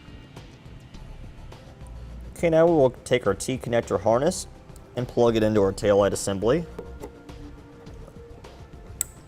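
A Curt T-connector trailer wiring harness plug is pushed into the plastic taillight assembly socket on a 2017 Ford Escape while someone talks over quiet background music. A sharp click at 9.0 s marks the connector seating, and it is then pulled back to check that it is secure.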